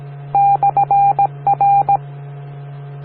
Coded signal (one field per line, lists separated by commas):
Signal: Morse code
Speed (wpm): 17 wpm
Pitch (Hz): 800 Hz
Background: none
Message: /R